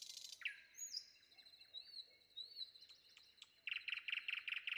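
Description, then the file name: Common nightingale song with thin upslurred whistles and a high steady tone, ending in a rapid, pulsing rattle of repeated notes. Sung before dawn. "predawn nightingale"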